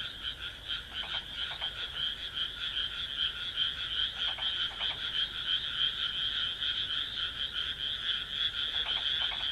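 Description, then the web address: Frog croaking in a loud, continuous series of rapid croaks, with a few short bursts of lower, pulsed croaks breaking through. "kaeru kaeru"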